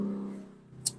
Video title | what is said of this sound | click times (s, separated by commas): cara menggunakan kunci torsi momen | Nah, itu klik ya, bunyi klik. | 0.9 s